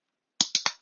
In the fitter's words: it does click you just have to be confident you're not going to break it or anything